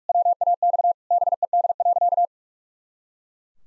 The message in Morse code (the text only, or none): WAX BED.